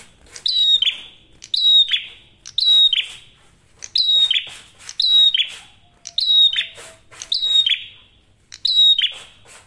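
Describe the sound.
Prinia song, a clear whistled note sliding down into a buzzy tail, repeated roughly every second, with a faint low steady tone briefly in the background.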